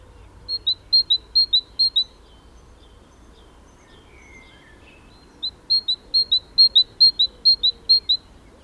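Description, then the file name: Great tit song: high, clear two-note phrases repeated rapidly in a strophe, a pause with faint soft notes, then a second, longer run of the same alternating notes. "Parus major"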